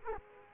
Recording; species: mosquito wingbeat signal from an infrared sensor; Culex quinquefasciatus